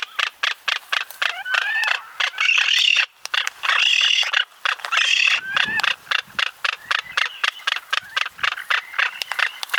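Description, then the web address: Frigatebird calls: rapid dry clicking notes repeated several times a second, mixed with short whistled rising and falling notes and bursts of chatter. "sound frigatebird. صدای-پرنده-سینه-بادکنک"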